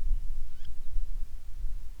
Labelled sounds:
bird
wind
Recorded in the Prudhoe Bay oil fields, Alaska, on 10 July 2019 at 09:28
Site 11

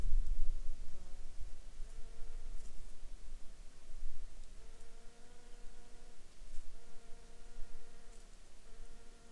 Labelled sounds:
insects
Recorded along the Dempster Highway, Canada, on 15 July 2019 at 12:11
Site 14

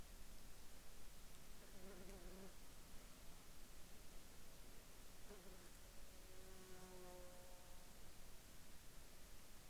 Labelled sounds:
insects
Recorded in the Arctic National Wildlife Refuge, Alaska, on 10 July 2021 at 12:06
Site 41

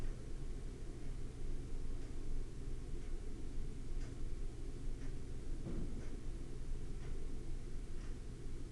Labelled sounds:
machinery
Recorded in Ivvavik National Park, Yukon, on 26 August 2019 at 05:08
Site AR04

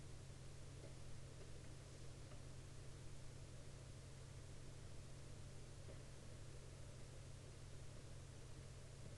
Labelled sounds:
aircraft
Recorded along the Dempster Highway, Canada, on 5 April 2019 at 00:45
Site 13

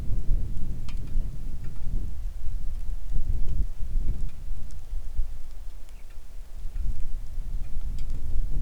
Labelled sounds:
songbird
wind
rain
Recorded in the Arctic National Wildlife Refuge, Alaska, on 3 August 2019 at 09:59
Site 41

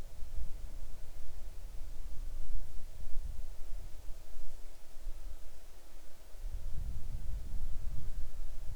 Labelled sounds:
insects
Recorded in the Arctic National Wildlife Refuge, Alaska, on 6 July 2019 at 00:00
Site 39

